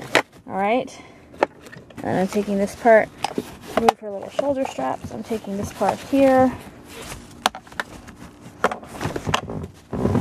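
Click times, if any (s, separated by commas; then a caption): 7.5 s. A parent brings the shoulder-strap harness clip of a child car seat together and pushes down on the plastic clip, talking throughout. A sharp click is heard at 7.5 seconds as the clip seats into place, followed by a few lighter clicks and handling taps.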